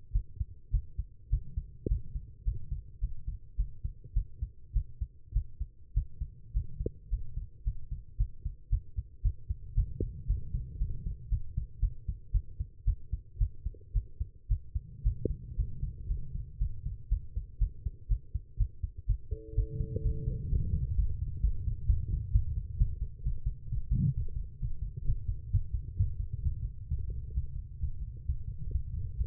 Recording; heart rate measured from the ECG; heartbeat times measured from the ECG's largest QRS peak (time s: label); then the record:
heart sounds by stethoscope; 118 bpm
0.13 s: heartbeat
0.71 s: heartbeat
1.30 s: heartbeat
1.88 s: heartbeat
2.45 s: heartbeat
3.00 s: heartbeat
3.57 s: heartbeat
4.14 s: heartbeat
4.73 s: heartbeat
5.33 s: heartbeat
5.94 s: heartbeat
6.53 s: heartbeat
7.10 s: heartbeat
7.64 s: heartbeat
8.17 s: heartbeat
8.70 s: heartbeat
9.22 s: heartbeat
9.75 s: heartbeat
10.27 s: heartbeat
10.79 s: heartbeat
11.29 s: heartbeat
11.80 s: heartbeat
12.32 s: heartbeat
12.85 s: heartbeat
13.38 s: heartbeat
13.93 s: heartbeat
14.48 s: heartbeat
15.03 s: heartbeat
15.56 s: heartbeat
16.08 s: heartbeat
16.59 s: heartbeat
17.09 s: heartbeat
17.59 s: heartbeat
18.08 s: heartbeat
18.57 s: heartbeat
19.06 s: heartbeat
19.55 s: heartbeat
20.02 s: heartbeat
20.49 s: heartbeat
20.95 s: heartbeat
21.41 s: heartbeat
21.86 s: heartbeat
22.31 s: heartbeat
22.77 s: heartbeat
23.23 s: heartbeat
23.68 s: heartbeat
24.14 s: heartbeat
24.59 s: heartbeat
25.05 s: heartbeat
25.50 s: heartbeat
25.96 s: heartbeat
26.41 s: heartbeat
26.87 s: heartbeat
27.33 s: heartbeat
27.79 s: heartbeat
28.25 s: heartbeat
28.70 s: heartbeat
29.15 s: heartbeat
From the record:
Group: healthy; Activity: rest 0-18 s, Valsalva maneuver 18-29 s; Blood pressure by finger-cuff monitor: 129/81 mmHg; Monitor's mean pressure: 95 mmHg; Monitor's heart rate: 120 bpm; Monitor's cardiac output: 9.1 L/min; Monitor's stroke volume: 76 mL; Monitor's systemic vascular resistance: 780 dyn s/cm5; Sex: female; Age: 19 years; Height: 163 cm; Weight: 51 kg